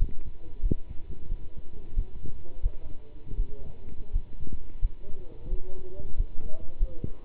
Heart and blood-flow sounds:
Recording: heart sounds by stethoscope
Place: between the tricuspid and mitral areas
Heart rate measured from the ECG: 87 bpm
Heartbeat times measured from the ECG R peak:
0.61 s: heartbeat
1.28 s: heartbeat
1.95 s: heartbeat
2.61 s: heartbeat
3.36 s: heartbeat
4.12 s: heartbeat
4.80 s: heartbeat
5.49 s: heartbeat
6.16 s: heartbeat
6.78 s: heartbeat
From the record:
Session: pedaling a stationary bicycle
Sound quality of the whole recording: good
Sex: male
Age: 27 years

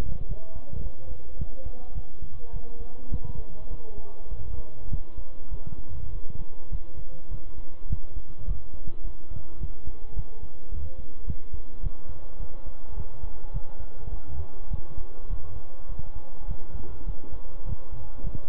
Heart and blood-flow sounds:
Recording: heart sounds by stethoscope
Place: between the tricuspid and mitral areas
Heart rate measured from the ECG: 104 bpm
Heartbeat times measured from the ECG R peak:
0.29 s: heartbeat
0.84 s: heartbeat
1.39 s: heartbeat
1.95 s: heartbeat
2.53 s: heartbeat
3.12 s: heartbeat
3.71 s: heartbeat
4.31 s: heartbeat
4.91 s: heartbeat
5.51 s: heartbeat
6.12 s: heartbeat
6.71 s: heartbeat
7.31 s: heartbeat
7.90 s: heartbeat
8.48 s: heartbeat
9.04 s: heartbeat
9.61 s: heartbeat
10.16 s: heartbeat
10.72 s: heartbeat
11.27 s: heartbeat
11.83 s: heartbeat
12.40 s: heartbeat
12.97 s: heartbeat
13.54 s: heartbeat
14.12 s: heartbeat
14.71 s: heartbeat
15.30 s: heartbeat
15.89 s: heartbeat
16.48 s: heartbeat
17.06 s: heartbeat
17.66 s: heartbeat
18.24 s: heartbeat
From the record:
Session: bicycle stress test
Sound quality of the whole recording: good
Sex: male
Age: 23 years

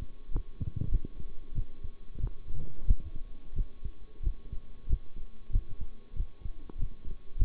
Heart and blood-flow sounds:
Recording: heart sounds by stethoscope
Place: between the tricuspid and mitral areas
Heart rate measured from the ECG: 93 bpm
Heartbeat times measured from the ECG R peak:
0.28 s: heartbeat
0.88 s: heartbeat
1.52 s: heartbeat
2.17 s: heartbeat
2.84 s: heartbeat
3.52 s: heartbeat
4.20 s: heartbeat
4.86 s: heartbeat
5.49 s: heartbeat
6.13 s: heartbeat
6.75 s: heartbeat
7.35 s: heartbeat
From the record:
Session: bicycle stress test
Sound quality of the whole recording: good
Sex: male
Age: 23 years

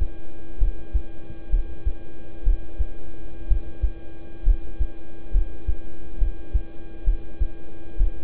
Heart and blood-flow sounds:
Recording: heart sounds by stethoscope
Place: between the tricuspid and mitral areas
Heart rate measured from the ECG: 65 bpm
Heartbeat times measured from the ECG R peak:
0.58 s: heartbeat
1.50 s: heartbeat
2.43 s: heartbeat
3.47 s: heartbeat
4.43 s: heartbeat
5.31 s: heartbeat
6.18 s: heartbeat
7.04 s: heartbeat
7.97 s: heartbeat
From the record:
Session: rest, lying down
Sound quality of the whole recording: good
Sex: male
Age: 26 years

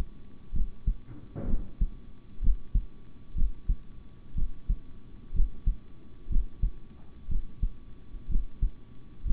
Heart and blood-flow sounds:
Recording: heart sounds by stethoscope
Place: between the tricuspid and mitral areas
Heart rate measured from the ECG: 62 bpm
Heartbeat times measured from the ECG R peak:
0.52 s: heartbeat
1.47 s: heartbeat
2.41 s: heartbeat
3.34 s: heartbeat
4.35 s: heartbeat
5.33 s: heartbeat
6.29 s: heartbeat
7.28 s: heartbeat
8.28 s: heartbeat
9.24 s: heartbeat
From the record:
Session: rest, sitting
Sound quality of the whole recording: good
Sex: male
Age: 26 years

